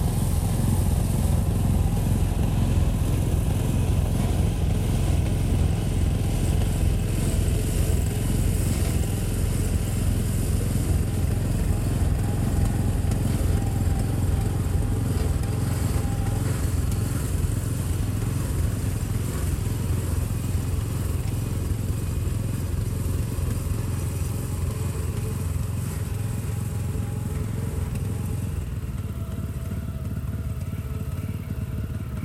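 A threshing machine strips grain from bundles of straw with a steady, heavy engine drone that barely changes for the whole stretch. A dense low rumble sits underneath, with a constant dry rustling and rattling hiss on top. The level eases slightly near the end.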